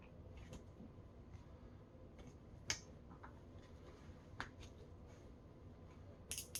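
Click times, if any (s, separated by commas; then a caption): 2.7 s. A glue-free rubber Golf Pride Concept Helix golf grip is twisted onto a golf club shaft, working from the bottom through the middle to the top. A section of the grip locks into place with a sharp, bright click at 2.7 s, a good sign that it has seated. Quieter ticks follow around 4.4 s and 6.3 to 6.6 s over a low background rustle.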